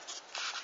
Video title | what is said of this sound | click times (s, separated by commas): Mr. Coffee Cafe Latte BVMC-EL1 Maker Review 2018 | now close the lid which locks into place | 0.4 s